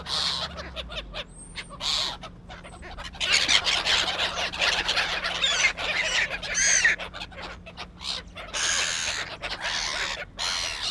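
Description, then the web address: Gulls squabbling: a burst of harsh, overlapping squawks and cackling calls swelling in the middle, with several birds calling at once over a faint steady hum. Seagulls squabbling. "Tom Hutchings Seagulls Squabbling"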